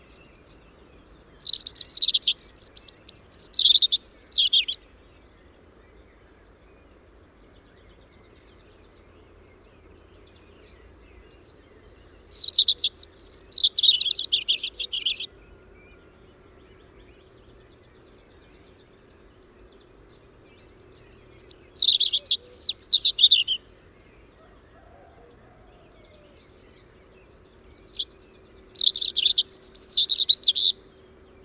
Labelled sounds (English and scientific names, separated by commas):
European Robin (Erithacus rubecula) song